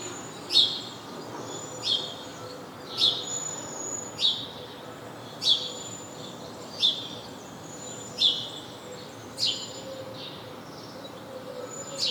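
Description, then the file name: House sparrow call, a series of clipped chirps spaced fairly steadily, similar in tone, over quiet background hiss. "Passer domesticus"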